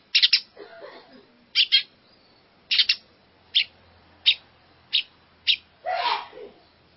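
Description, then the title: Long-tailed shrike giving harsh, scratchy single and double notes at short intervals, ending in a longer rasping burst, with a quiet background. "Kicau Burung Pentet"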